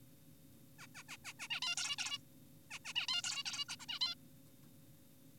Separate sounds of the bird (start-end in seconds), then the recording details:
0.79-0.87, 0.95-1.03, 1.09-1.17, 1.25-1.33, 1.40-1.48, 1.50-1.60, 1.62-1.76, 1.77-1.96, 1.98-2.18, 2.70-2.79, 2.85-2.93, 2.96-3.07, 3.08-3.22, 3.24-3.44, 3.46-3.65, 3.69-3.76, 3.80-3.86, 3.89-3.99, 4.01-4.15. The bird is an adult. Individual g4p5U